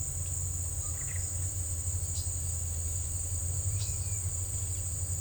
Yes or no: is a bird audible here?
yes